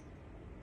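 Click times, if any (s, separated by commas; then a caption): none. A terminal pin is deliberately pushed upside down, the wrong way round, into a plastic automotive connector housing; it meets tension and stops without locking, since it should never be forced. A quiet, steady low rumble runs throughout, with one brief, faint burst of brighter noise at about 0.6 s. Nothing has seated or clicked.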